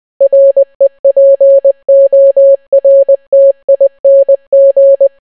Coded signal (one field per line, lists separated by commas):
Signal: Morse code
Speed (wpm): 20 wpm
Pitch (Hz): 550 Hz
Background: none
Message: REPORTING